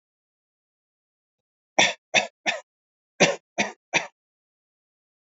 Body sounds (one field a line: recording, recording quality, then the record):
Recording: shallow voluntary cough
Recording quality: excellent, no background noise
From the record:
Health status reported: healthy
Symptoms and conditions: none ticked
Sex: male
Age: 55 years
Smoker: not ticked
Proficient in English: yes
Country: India